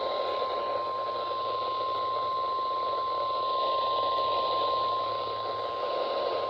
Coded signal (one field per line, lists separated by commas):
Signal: Emergency Alert System (SAME) tones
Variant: 1050 Hz attention tone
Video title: Testing (EAS 496-498)